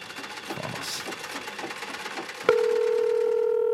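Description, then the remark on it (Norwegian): A busy, rattling clatter runs for a couple of seconds, then cuts to a steady, unbroken telephone dial tone that holds at an even level to the end, as a call is placed to a music journalist of NRK's Lydverket. “Det … som ringer.”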